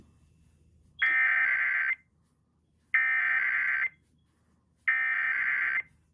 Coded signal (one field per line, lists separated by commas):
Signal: Emergency Alert System (SAME) tones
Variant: header bursts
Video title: Monthly and Weekly To End of 1st Half of the Year (EAS #11686-11700) 6/28/23